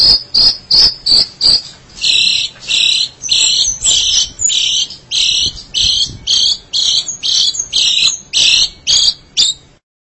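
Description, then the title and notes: Long-tailed Shrike song of short, harsh, high bursts, quick clipped notes at first, then longer buzzy double-layered phrases repeated about twice a second. Long-tailed Shrike, locally called pentet; recording dated March 2017. "Pentet 201703. Suara burung pentet"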